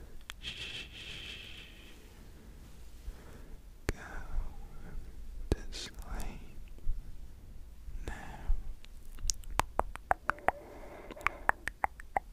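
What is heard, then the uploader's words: Brushing against the face, soft bristly strokes and swishes, then a run of quick, sharp taps and clicks toward the end. Brushing Your Face.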